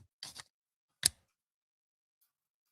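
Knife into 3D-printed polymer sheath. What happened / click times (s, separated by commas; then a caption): The blade snapped into its plastic sheath / 0.2 s, 1.1 s. A folding knife is pushed into a one-piece 3D-printed polymer sheath, with a scraping rustle starting at 0.2 s. Its retention clicks at 0.2 s and again with a sharp, bright snap at 1.1 s. The knife is seated with no shake, followed by near silence.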